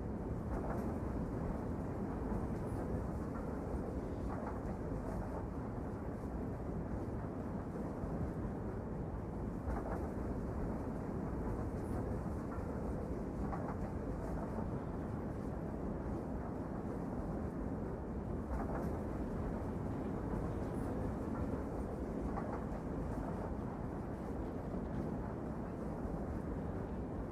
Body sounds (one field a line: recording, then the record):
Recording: background sound without coughing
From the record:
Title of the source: Train Ride Ambience ambient white noise for sleeping, focus, studying, reading